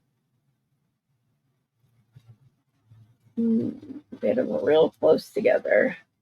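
A lavender flower bead is handled and pushed close against the beads already on a jewelry piece while someone talks, with only faint, low handling sounds before the speech. Nothing has seated or clicked yet; the clip ends before the bead goes home.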